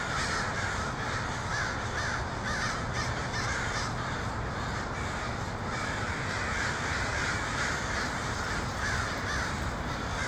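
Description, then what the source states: Flock of crows cawing continuously, rough calls tumbling over one another above a low steady rumble. Crows in Portland (pdx), 23 October 2018.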